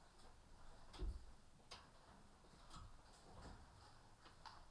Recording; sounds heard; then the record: poultry house recording; healthy chickens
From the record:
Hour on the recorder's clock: 14